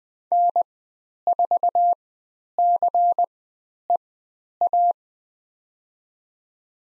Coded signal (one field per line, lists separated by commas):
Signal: Morse code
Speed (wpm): 21 wpm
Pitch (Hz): 700 Hz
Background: none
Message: N4CEA